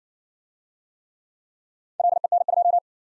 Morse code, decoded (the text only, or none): LEN2